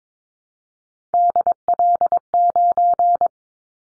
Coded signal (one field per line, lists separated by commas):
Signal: Morse code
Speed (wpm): 22 wpm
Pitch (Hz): 700 Hz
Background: none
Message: DL9